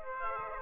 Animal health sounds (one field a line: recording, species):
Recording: mosquito wingbeat signal from an infrared sensor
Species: Aedes aegypti